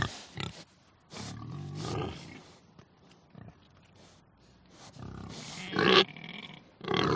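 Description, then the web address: Pigs grunting and squealing in irregular bursts, with a sharp shriek near the end. Agitated, crazed pigs. "sonido de cerdos enloquecidos"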